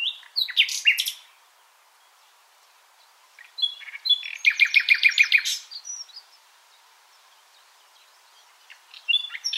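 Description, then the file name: Common nightingale song: varied loud phrases and a rapid run of repeated notes, separated by quiet gaps, with more song at the end. "Luscinia megarhynchos"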